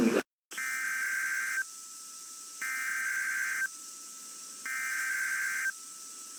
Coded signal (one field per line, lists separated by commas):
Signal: Emergency Alert System (SAME) tones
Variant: header bursts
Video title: April Tests Overnight Madness (EAS #17303-17365) 4/3/24